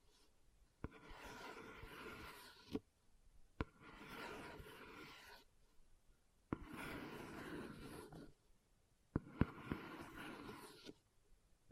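Leather is scratched and rubbed in four separate bursts, each lasting one to two seconds, with short silent pauses between them. The scratching is a dense, rough rasp across low and bright ranges, and sharp single taps mark the start or end of several bursts.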